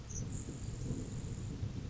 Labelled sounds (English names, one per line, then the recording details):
Grasshopper Sparrow
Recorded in Sonoma County, California